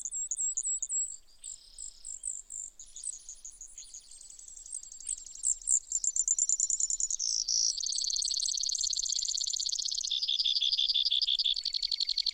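Brewer's sparrow song, a long run of high, thin trills that switch pitch and speed, with faster buzzy trills in the second half and no other clear sounds.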